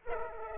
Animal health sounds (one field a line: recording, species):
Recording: mosquito wingbeat signal from an infrared sensor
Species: Culex pipiens